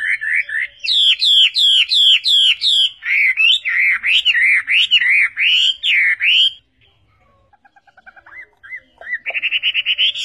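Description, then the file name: Chinese hwamei: strong repeated downslurred whistles for six seconds, a short quiet gap with soft notes, then a rapid high trill. Combination of song phrases (tembakan). "kombinasi tembakan huamei"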